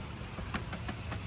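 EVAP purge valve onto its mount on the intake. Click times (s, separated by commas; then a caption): 0.6 s. A new GM EVAP purge control valve on a Chevy Trax is pushed onto its plastic mount on the engine intake, with a low, steady rumble underneath. A sharp snap is heard at 0.6 s as the valve seats on the mount, followed by a softer knock at 0.9 s.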